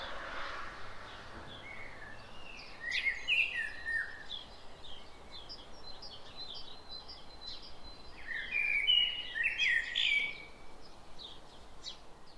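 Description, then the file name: Common blackbird singing two mellow warbled phrases several seconds apart, with high chirps of other birds around them. "Turdus merula"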